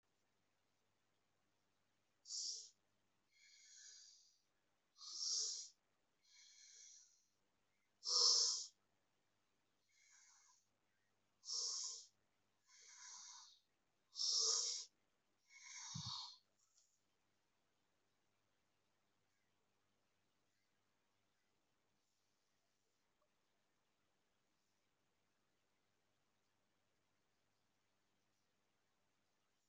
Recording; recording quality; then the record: deep breathing; excellent, no background noise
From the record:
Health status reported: exposed to COVID-19, no respiratory illness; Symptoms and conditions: none ticked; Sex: female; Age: 27 years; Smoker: not ticked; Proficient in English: yes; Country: India